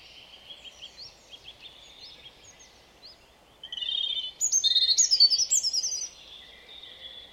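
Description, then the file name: European robin song: faint high notes at first, then a louder, sweet, fluty and warbled phrase lasting a few seconds. "Erithacus rubecula"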